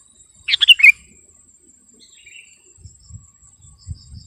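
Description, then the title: Sooty-headed bulbul song, a single quick bubbly phrase early on, then a soft note and low rumbling thuds, with a continuous insect whine behind. "kutilang"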